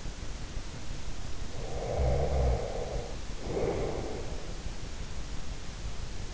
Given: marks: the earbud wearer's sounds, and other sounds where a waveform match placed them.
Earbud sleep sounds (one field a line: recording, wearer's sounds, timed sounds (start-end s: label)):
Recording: sounds in sleep by an in-ear microphone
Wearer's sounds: snoring breath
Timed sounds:
1.62-4.59 s: snoring breath